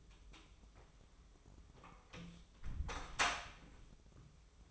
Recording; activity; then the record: daily activity, microphone in the room; close door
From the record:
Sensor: 1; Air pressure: 1005.0 hPa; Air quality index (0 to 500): 90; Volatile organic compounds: 2 ppm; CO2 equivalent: 1228 ppm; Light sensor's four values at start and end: 10/25/10/11 and 10/24/10/10